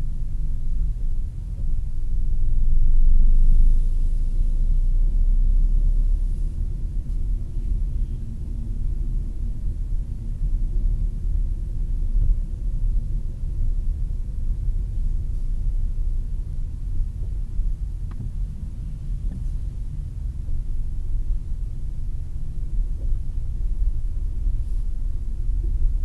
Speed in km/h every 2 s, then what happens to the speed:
11, 15, 17, 19, 19, 18, 16, 16, 14, 10, 9, 9, 9.
0-8 speeds up to 19. 8-26 slows to 9.